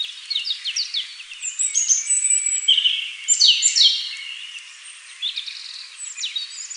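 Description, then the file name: European robin song of quick, high, sweet twittering notes and thin descending whistles in a jumbled stream, getting louder midway, then quieter short phrases. "Erithacus rubecula"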